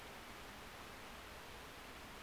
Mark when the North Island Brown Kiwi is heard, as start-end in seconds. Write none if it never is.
none